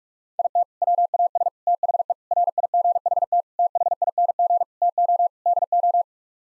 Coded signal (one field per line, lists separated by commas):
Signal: Morse code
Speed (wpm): 46 wpm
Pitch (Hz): 700 Hz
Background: none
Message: IT WAS THE RIGHT THING TO DO